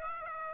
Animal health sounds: mosquito wingbeat signal from an infrared sensor; Aedes aegypti

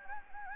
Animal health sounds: mosquito wingbeat signal from an infrared sensor; Anopheles gambiae

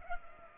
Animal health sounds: mosquito wingbeat signal from an infrared sensor; Culex pipiens

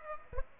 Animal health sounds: mosquito wingbeat signal from an infrared sensor; Aedes aegypti

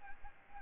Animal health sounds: mosquito wingbeat signal from an infrared sensor; Aedes aegypti

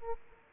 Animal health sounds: mosquito wingbeat signal from an infrared sensor; Aedes aegypti

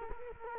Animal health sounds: mosquito wingbeat signal from an infrared sensor; Culex quinquefasciatus

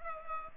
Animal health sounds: mosquito wingbeat signal from an infrared sensor; Culex pipiens

